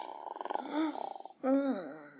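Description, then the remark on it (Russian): Two exaggerated snores of a younger brother asleep, apparently performed by a voice: first a fluttering, rattling inhale, then a louder, voiced snort that glides up and down in pitch before trailing off. “О, слышите, как похрапывает на все лады.”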